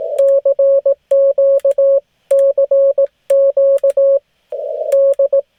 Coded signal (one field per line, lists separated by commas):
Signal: Morse code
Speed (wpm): 18 wpm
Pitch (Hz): 560 Hz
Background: none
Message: CQ CQ D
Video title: The Travelin' Ham Goes Mobile | First POTA Test Run